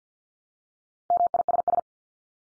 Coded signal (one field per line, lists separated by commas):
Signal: Morse code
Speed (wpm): 50 wpm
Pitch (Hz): 700 Hz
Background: none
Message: MISS